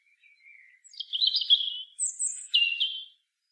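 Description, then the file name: European robin delivering one varied song phrase: soft thin notes leading into fast twittering trills and piercing high whistles, ending abruptly in silence. "Erithacus rubecula"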